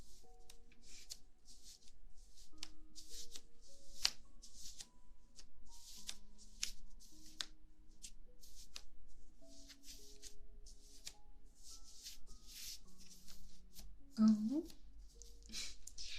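Massage with silk stocking gloves, soft rustling and brushing strokes coming in quick bursts over slow, gentle sustained notes, with a brief squeak around fourteen seconds.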